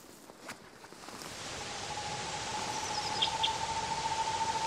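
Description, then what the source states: Northern Hawk Owl song, a long steady trill at even pitch that begins after about a second and a half and runs to the end, with faint high chirps. Played as an example of how the hawk owl sounds.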